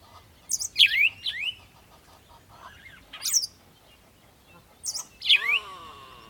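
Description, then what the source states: Birds chirping in short, bright, downslurred bursts, with a lower, rougher call at the end. Birds singing in the morning.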